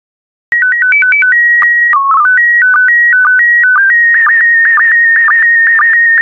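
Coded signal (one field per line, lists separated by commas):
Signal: SSTV (slow-scan television)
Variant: PD120 mode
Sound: bleeping stepped tones, then a steady whining scan tone with regular short low blips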